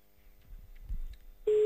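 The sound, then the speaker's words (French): A low, muffled rumble gives way to a loud, steady telephone ringing tone on an outgoing call, a single sustained mid-pitched hum that starts abruptly and runs until the end. “Allez, encore une petite sonnerie, ou deux.”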